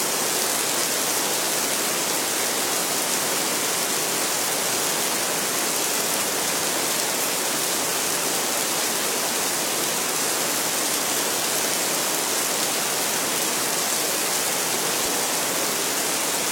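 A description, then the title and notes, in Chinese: Rain falls in a steady, dense hiss that stays constant from start to finish. The sound is bright and even, with the fine pattering blended into a continuous wash, and there are no distinct drops or other events standing out. 放松的雨。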